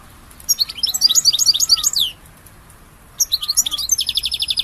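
European goldfinch song: two phrases of quick, high tinkling notes and buzzy trills, separated by a brief silence.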